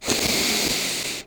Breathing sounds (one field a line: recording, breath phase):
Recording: one breath near a microphone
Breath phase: inhalation